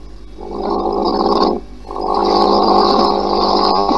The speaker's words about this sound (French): Voilà déjà les motos qui passent même dans ta chambre.